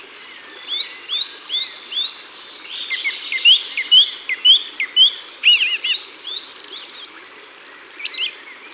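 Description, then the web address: Coal tit song: a quick run of high, thin, down-slurred double notes, then a varied series of lower slurred notes and more high notes, over a steady background hiss. Recorded at the water's edge. "Mesange noire Au bord de leau. album au-bord-de-leau"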